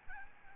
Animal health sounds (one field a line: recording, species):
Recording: mosquito wingbeat signal from an infrared sensor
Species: Aedes albopictus